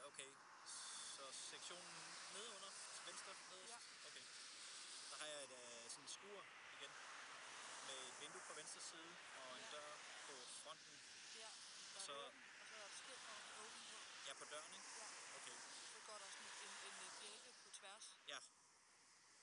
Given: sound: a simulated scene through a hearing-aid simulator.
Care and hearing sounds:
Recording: conversation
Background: traffic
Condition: 0 dB SNR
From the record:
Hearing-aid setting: III (slow-acting compression, loudness normalization, advanced features for about 2.5 dB of SNR improvement)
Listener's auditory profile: A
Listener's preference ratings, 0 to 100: 59, 64, 44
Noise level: 75 dB SPL

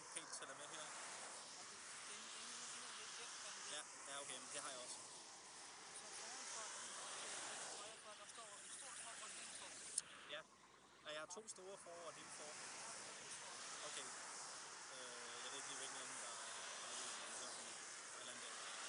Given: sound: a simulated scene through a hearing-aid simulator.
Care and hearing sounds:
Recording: conversation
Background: traffic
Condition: -4 dB SNR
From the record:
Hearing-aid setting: III (slow-acting compression, loudness normalization, advanced features for about 2.5 dB of SNR improvement)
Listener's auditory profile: C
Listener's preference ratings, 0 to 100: 56, 24, 12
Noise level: 75 dB SPL

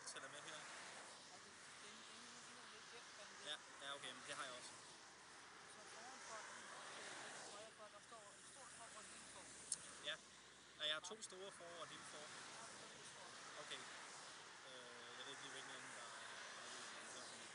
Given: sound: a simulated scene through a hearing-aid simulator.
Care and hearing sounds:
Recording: conversation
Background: traffic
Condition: -4 dB SNR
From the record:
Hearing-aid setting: standard clinical setting (NAL)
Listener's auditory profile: D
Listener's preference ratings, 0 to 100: 30, 56, 53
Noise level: 75 dB SPL

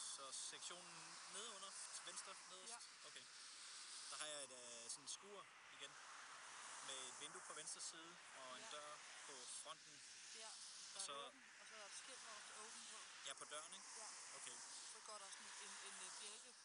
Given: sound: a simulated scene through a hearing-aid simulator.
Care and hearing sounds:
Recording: conversation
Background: traffic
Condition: +4 dB SNR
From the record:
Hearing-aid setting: III (slow-acting compression, loudness normalization, advanced features for about 2.5 dB of SNR improvement)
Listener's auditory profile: C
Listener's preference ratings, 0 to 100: 79, 76, 51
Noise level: 75 dB SPL

